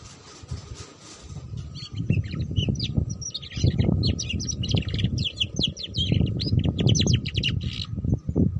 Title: Canto Para Esquentar Canário Belga. Suara Kenari Belajar Bunyi Ngeriwik || Cocok Untuk Pancingan Kenari Ngeriwik